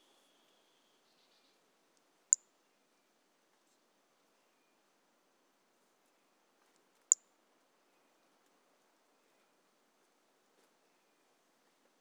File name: Brachycephalus mirissimus 18 jan 2018 individual 04 ex 04 A E Confetti collected MHNCI 10795